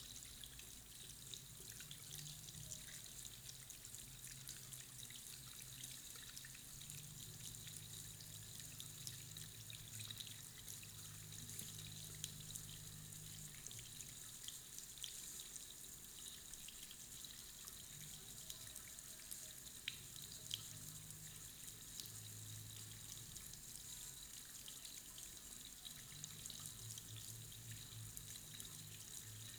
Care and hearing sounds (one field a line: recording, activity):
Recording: daily activity, guitar pickup as the sensor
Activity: wash hands